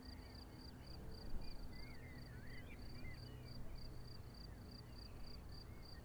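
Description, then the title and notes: Cricket chirps pulse steadily high above a low motor hum, while a bird gives a string of warbled, sliding calls midway. Crickets chirping at Vogtsburg im Kaiserstuhl, Germany, with a view over the wide plain; engine noise from a small aircraft is heard. "Unnamed Road, 79235 Vogtsburg im Kaiserstuhl, Deutschland - Grillen zirpen. Zirpen der Grillen. Motorenlärm eines Kleinflugzeugs"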